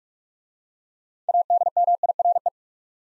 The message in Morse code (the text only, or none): ADMIRE